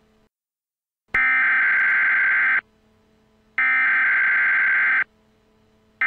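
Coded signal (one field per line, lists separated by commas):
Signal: Emergency Alert System (SAME) tones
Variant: header bursts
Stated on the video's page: Mock severe thunderstorm warning EAS, not a real alert.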